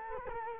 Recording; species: mosquito wingbeat signal from an infrared sensor; Culex quinquefasciatus